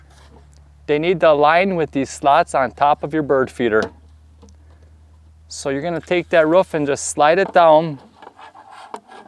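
The plastic roof of a NETVUE Birdfy smart bird feeder is handled, its clips lined up with the slots on top of the feeder body and slid down onto it. Someone talks through most of the clip, with faint rubbing and small handling taps near the end. The roof has not seated or clicked into place yet.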